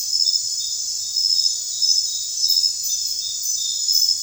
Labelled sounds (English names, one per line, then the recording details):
none
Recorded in secondary vegetation near Puerto Asís, Putumayo, Colombia, on 29 June 2025 at 00:30
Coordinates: 0.498, -76.327
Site GP09